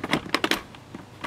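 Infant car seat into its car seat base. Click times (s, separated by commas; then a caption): 0.1 s, 0.4 s. A Baby Jogger City GO infant car seat is dropped onto its car seat base so its metal rod engages the base's metal hooks. A short burst of sharp clicks follows, with the seating clicks at 0.1 s and 0.4 s. The seat is seated securely in the base.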